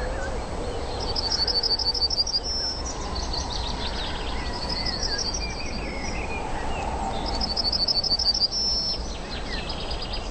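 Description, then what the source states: Yellowhammer song: high, rapid trains of repeated notes, heard three times over a steady low rumble, the first and last ending in a drawn-out note. Song: a bunch of repeated notes followed by a longer note, usually lower but sometimes higher.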